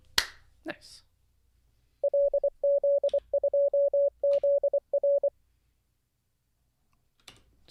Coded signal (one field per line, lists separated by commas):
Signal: Morse code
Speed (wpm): 24 wpm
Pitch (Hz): 560 Hz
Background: speech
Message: LZ2ZR